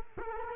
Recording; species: mosquito wingbeat signal from an infrared sensor; Culex quinquefasciatus